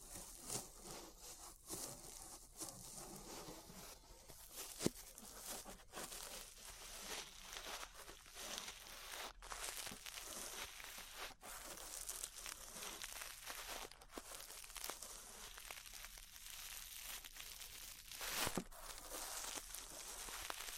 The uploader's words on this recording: ASMR Relaxing 3Dio Ear Brushing (No Talking).